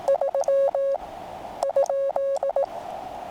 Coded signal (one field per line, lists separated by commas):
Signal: Morse code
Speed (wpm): 18 wpm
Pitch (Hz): 550 Hz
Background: none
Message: 3 ?